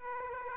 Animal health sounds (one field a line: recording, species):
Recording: mosquito wingbeat signal from an infrared sensor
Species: Aedes aegypti